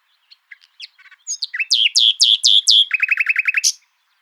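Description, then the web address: Common nightingale song: scattered soft chips, then loud repeated whistled notes and a fast rattling series of low strokes, ending in a sharp rising note. "songs luscinia megarhynchos call 7"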